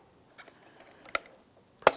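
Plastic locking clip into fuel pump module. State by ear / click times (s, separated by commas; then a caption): seated / 1.9 s. A plastic locking clip is slid into its slot on the fuel pump module of a 2006-2012 Ford Fusion and pressed in as far as it goes. Faint taps and a sharp tick near 1.2 s lead to a loud, crisp snap at 1.9 s. The clip seats there and is then tugged to check that it cannot pull out.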